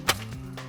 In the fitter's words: lock that into place